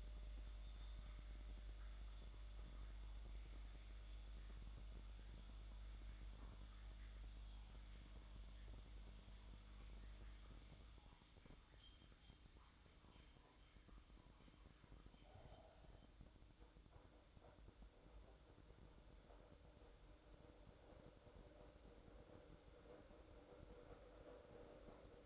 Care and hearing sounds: daily activity, microphone in the room; make coffee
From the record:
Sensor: 3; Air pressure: 1007.3 hPa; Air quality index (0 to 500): 61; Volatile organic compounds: 1 ppm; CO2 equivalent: 614 ppm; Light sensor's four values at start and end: 7/16/6/6 and 8/18/7/7

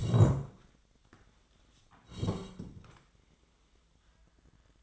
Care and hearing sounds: daily activity, microphone in the room; sit down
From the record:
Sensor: 3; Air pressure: 1012.2 hPa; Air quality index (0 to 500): 172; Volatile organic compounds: 3 ppm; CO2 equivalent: 1321 ppm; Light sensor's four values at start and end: 74/171/82/89 and 74/174/81/88

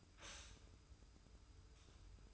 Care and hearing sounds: daily activity, microphone in the room; stop toaster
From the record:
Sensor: 2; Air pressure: 990.6 hPa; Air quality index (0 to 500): 163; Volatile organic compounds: 805 ppm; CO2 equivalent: 5134 ppm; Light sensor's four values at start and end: 23/55/22/22 and 23/55/22/22

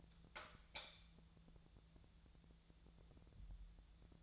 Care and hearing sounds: daily activity, microphone in the room; light on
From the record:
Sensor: 3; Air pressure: 1000.0 hPa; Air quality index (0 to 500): 123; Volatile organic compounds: 2 ppm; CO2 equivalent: 1104 ppm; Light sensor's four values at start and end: 44/111/48/52 and 47/120/51/56

